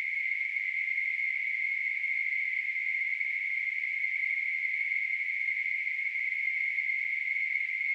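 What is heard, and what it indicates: Synthetic tinnitus simulation: a steady, unchanging narrow-band hiss centered near 2 kHz, with fainter energy spreading up toward 8 kHz and nothing in the low frequencies, holding a constant level throughout.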